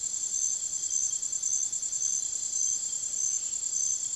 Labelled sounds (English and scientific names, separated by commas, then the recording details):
none
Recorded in secondary vegetation near Puerto Asís, Putumayo, Colombia, on 24 June 2025 at 05:00
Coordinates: 0.489, -76.322
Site G021